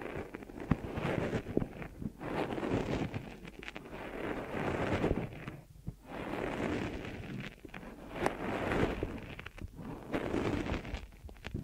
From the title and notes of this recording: ASMR Deep Ear Massage for Sleep(No Talking).